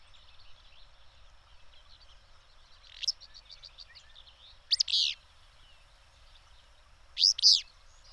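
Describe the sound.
Bird calls: a quick high trill, then two loud buzzy double chirps roughly two and a half seconds apart, against a background chorus of soft twittering.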